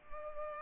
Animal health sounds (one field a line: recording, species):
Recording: mosquito wingbeat signal from an infrared sensor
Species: Culex pipiens